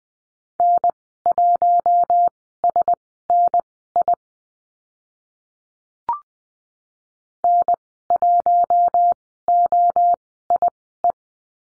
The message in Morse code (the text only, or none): N1SNI N1OIE